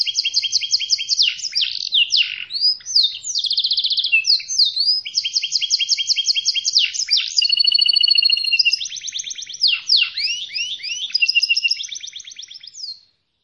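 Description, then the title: Canary song of rapid, high, repeated trills and rolling phrases, switching quickly between buzzy and clear whistled runs, with one sustained whistled note in the middle. Canary singing in the cengkok mewah song style. "Cengkok Kenari Mewah. Kenari cengkok mewah"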